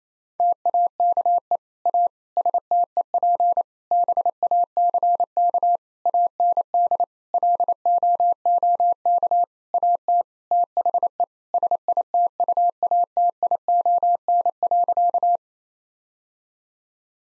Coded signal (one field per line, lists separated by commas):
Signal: Morse code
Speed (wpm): 28 wpm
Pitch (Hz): 700 Hz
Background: none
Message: TAKE A STEP BACK AND LOOK AT THE SITUATION.